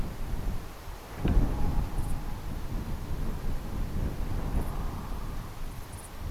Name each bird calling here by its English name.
none